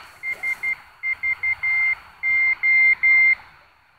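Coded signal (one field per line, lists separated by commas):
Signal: Morse code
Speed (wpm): 12 wpm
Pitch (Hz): 2100 Hz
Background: none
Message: SVO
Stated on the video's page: Morse from the coast station SVO on 8424 kHz, received at 2073 km distance on a Tecsun PL-600 with its built-in whip antenna.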